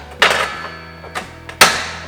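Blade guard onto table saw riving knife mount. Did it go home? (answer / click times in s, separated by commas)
yes / 1.6 s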